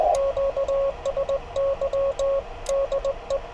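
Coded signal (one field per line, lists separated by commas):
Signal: Morse code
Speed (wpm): 19 wpm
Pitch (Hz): 560 Hz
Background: radio noise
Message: QSY DE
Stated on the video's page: Morse sent with a straight key during a park activation, with poor band conditions and a compromised antenna.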